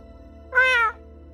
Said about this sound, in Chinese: 转眼间吴一舟已经不见了，吴恙四处去找，发现他已经跳到了江峰的写字台上，好像看见了什么，吴恙喵了一声。